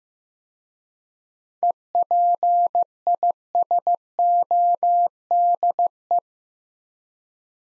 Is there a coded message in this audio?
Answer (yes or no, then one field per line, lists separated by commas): yes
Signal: Morse code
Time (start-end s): 1.6-6.2 s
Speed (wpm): 15 wpm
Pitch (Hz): 700 Hz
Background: none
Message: EPISODE